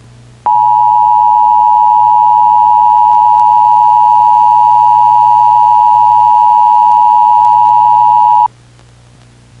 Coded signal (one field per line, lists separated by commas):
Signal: Emergency Alert System (SAME) tones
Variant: 853 and 960 Hz attention tone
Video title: (EAS Mock 1) "The Creature warning"